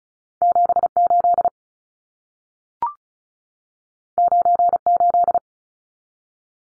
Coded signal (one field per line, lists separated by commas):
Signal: Morse code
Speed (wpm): 36 wpm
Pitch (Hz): 700 Hz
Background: none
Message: 78 98